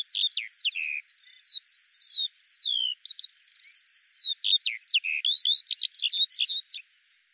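Eurasian skylark song, a rapid unbroken stream of varied high chirps, slurred whistles and trills. It runs for nearly seven seconds, then stops abruptly.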